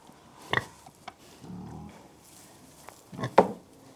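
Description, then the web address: Pigs grunting: a short sharp grunt near the start, a soft low rumbling grunt in the middle, and a louder grunt toward the end. Three pigs, livestock, grunting occasionally. "BBC Sound Effects Library BBC Livestock Three Pigs Grunting Occasionally"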